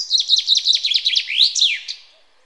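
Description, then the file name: Common chaffinch song, a rapid series of high chipping notes running into a trill and ending in a sweeping downward flourish. "Fringilla coelebs"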